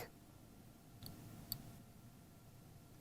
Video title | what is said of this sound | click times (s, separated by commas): Proper Bobbin Use | little click means it's in and you'll also see that it's coming out the hole that's | 1.1 s, 1.5 s